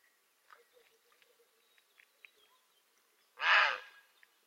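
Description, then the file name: Grey heron uttering one loud, rasping squawk late after a stretch of faint chirping and light ticking. "Czapla Siwa"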